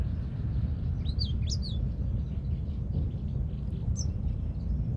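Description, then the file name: Plain-tailed warbler song: a pair of high, thin, slurred notes, then a single similar note a few seconds later, over constant low background rumble. "warbler -Seicercus-soror"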